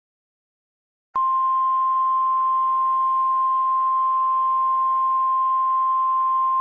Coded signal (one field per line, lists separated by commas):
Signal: Emergency Alert System (SAME) tones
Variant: 1050 Hz attention tone